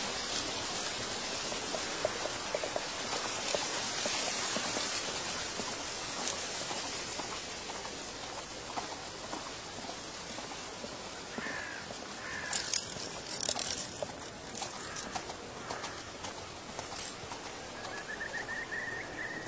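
Dry fallen leaves rustle and crackle steadily throughout, thick and busy, a little brighter in the first half. Around 12 to 14 seconds a burst of sharp clicks and snaps stands out, and a faraway bird calls briefly there, then holds a thin whistle near the end.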